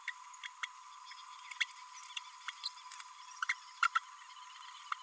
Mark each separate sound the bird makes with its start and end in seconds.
0.07-0.12, 0.45-0.47, 0.63-0.66, 1.60-1.65, 2.16-2.19, 2.48-2.51, 2.63-2.69, 3.42-3.45, 3.49-3.55, 3.82-3.87, 3.95-4.00